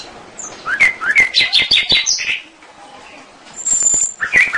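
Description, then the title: Canary twittering: short bright chirps and slurred notes in quick bursts, a brief pause with a thin high whistle, then more chirping. "Kenari"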